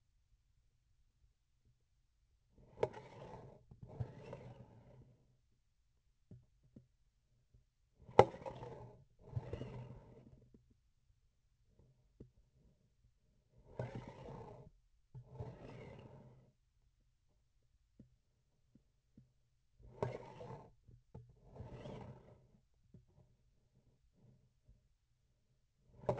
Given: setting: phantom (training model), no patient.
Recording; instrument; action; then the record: laparoscopic instrument, vibration sensor on the handle end; grasping forceps; approaching and retracting movements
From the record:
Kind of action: spatial motion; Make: other than Olympus